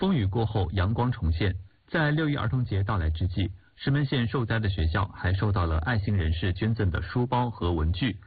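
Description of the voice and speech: A man reads news in steady, fluent Mandarin with clear, even voicing and brief natural pauses; an ordinary adult voice.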